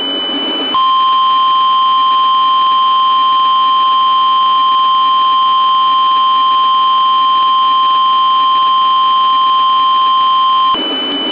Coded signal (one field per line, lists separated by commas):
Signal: Emergency Alert System (SAME) tones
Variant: 1050 Hz attention tone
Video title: Mentally Insane Patient (Fictional EAS Scenario)